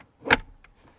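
A mobile radio mount base for a 2016–2024 RAM with bucket seats and a full console, part number 20176A, is placed over the console sidewall in the frontmost cup holder of the truck's center console and pushed down. It snaps into place with a loud, sharp click at 0.3 s, followed by a faint tick around 0.6 s. The mount is seated.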